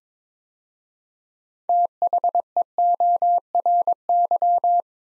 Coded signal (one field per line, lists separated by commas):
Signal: Morse code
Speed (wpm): 23 wpm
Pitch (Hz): 700 Hz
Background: none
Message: THEORY